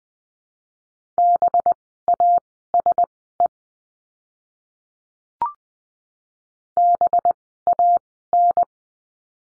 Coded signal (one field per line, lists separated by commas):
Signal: Morse code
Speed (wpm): 20 wpm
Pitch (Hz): 700 Hz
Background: none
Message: BASE BAN